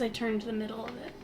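Someone talks while handling a stand mixer's mixing bowl on its base; the bowl had not been locked onto the base, so the middle part came up, and it is being re-seated and twisted toward its lock. The clip ends before the bowl goes home, and nothing has seated or clicked yet.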